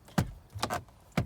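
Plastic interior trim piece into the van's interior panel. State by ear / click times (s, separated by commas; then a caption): not seated / none. A loose plastic interior trim piece is pressed back into the interior panel of a 2005 Honda Odyssey van several times, producing sharp plastic knocks at about 0.2, 0.6 and 1.2 seconds with a brief rattle around 0.7 seconds. The piece does not hold and is not latching properly, so nothing has clicked or seated yet.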